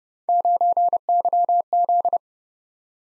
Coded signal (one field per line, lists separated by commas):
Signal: Morse code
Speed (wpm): 30 wpm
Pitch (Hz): 700 Hz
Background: none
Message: 9YZ